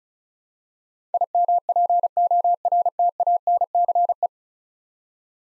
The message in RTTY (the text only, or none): none